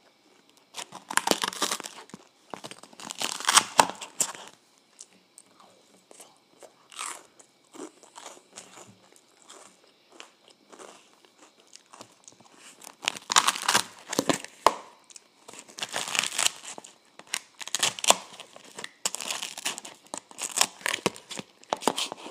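Someone eats ice cream and waffles, with bursts of crisp crunching and crinkling at the start and again from about thirteen seconds, quieter chewing between.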